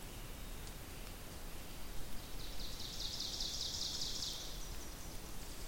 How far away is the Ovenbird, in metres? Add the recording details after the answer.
about 70 m. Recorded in boreal forest in Alberta, Canada, on 2 June 2016 at 06:34. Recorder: SongMeter 3, array SBT-3-7. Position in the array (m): 193 m, 3 m. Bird 6